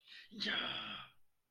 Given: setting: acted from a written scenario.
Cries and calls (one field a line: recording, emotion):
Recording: vocal sound without words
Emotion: elation